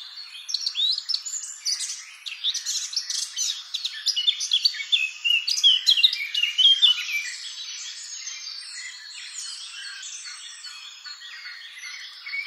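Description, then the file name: Eurasian blackcap song, energetic chirping and warbled phrases for about seven seconds, followed by a fainter, steadier background of thin twittering. "Sylvia atricapilla"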